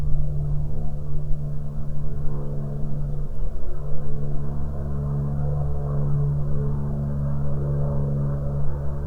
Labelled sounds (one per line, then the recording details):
bird
aircraft
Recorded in the Prudhoe Bay oil fields, Alaska, on 15 June 2019 at 10:27
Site 16